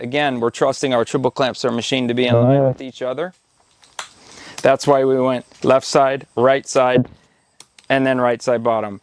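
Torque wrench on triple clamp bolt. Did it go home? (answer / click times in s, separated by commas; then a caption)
yes / 4.0 s. A click-type torque wrench tightens a fork triple clamp bolt on the right side while someone talks. In a pause in the talk, a faint tick at 3.8 s is followed by a sharp click at 4.0 s as the wrench reaches its setting, confirming the bolt is torqued.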